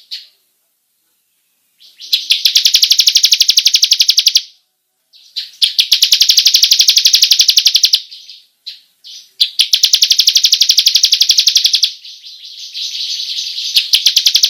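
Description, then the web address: Bar-winged prinia delivering repeated high, buzzy rolling trills, each lasting two to three seconds, after a quiet opening. Long rolling song style, called ngerol panjang. "ciblek suara-burung-ciblek-ngerol-panjang"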